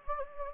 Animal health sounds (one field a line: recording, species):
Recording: mosquito wingbeat signal from an infrared sensor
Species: Anopheles gambiae